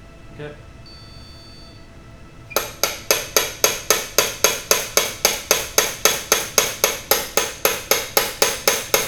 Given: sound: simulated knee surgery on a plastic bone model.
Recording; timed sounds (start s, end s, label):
surgical tools on bone
2.57	2.57	chisel strike
2.84	2.84	chisel strike
3.11	3.11	chisel strike
3.37	3.37	chisel strike
3.64	3.64	chisel strike
3.90	3.90	chisel strike
4.18	4.18	chisel strike
4.44	4.44	chisel strike
4.71	4.71	chisel strike
4.97	4.97	chisel strike
5.25	5.25	chisel strike
5.51	5.51	chisel strike
5.78	5.78	chisel strike
6.05	6.05	chisel strike
6.32	6.32	chisel strike
6.58	6.58	chisel strike
6.84	6.84	chisel strike
7.11	7.11	chisel strike
7.37	7.37	chisel strike
7.65	7.65	chisel strike
7.91	7.91	chisel strike
8.17	8.17	chisel strike
8.42	8.42	chisel strike
8.68	8.68	chisel strike
8.94	8.94	chisel strike